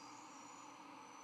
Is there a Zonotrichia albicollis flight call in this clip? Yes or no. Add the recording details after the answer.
no. No flight call is heard. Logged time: 01:58 on 31 October 2014